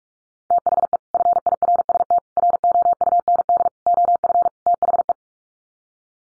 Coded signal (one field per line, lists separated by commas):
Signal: Morse code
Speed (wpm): 44 wpm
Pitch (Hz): 700 Hz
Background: none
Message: THE FIRST ROUND OF THE